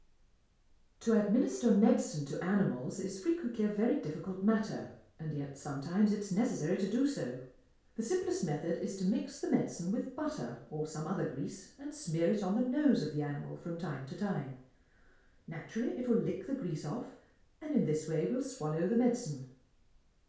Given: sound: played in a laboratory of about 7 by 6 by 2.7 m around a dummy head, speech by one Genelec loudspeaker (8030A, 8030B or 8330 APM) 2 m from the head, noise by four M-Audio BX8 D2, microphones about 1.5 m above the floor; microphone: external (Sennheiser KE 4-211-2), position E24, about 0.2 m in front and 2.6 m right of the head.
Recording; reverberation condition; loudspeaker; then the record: female speech in English; medium; 120 degrees to the right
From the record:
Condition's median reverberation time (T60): about 510 ms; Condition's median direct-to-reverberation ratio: about -0.5 dB